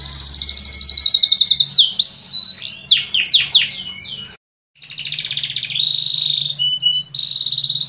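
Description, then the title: Yorkshire canary singing a quick trill into looping whistled sweeps, a short silence, then steady high whistled notes over a low background hum. Long song ('kicau panjang'); the bird is described as gacor, singing vigorously. "Suara Burung Kenari Yorkshire Gacor Kicau Panjang"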